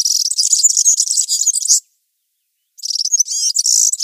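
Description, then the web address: European serin song: a rapid, high, jangling buzzy twitter, one burst of nearly two seconds, a short pause, then another glittering burst. "Schulze Peter European Serin song"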